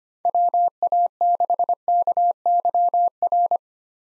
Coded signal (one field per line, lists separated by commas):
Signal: Morse code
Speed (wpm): 25 wpm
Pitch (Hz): 700 Hz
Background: none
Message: WA6KYR